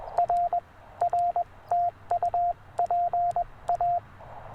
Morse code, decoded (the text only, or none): R R TU PA